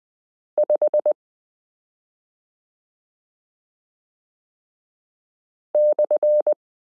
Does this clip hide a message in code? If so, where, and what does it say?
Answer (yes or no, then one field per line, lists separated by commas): yes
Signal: Morse code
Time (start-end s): 0.6-6.5 s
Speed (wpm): 20 wpm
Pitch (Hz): 600 Hz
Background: none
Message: 5/